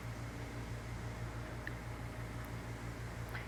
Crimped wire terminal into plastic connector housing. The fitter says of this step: get a little click give it a couple tugs and you know it's seated